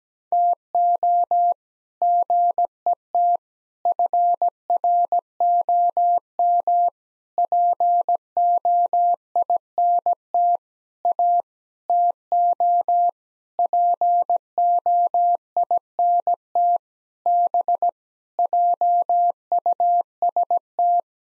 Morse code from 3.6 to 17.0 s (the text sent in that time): FROM POINT A TO POINT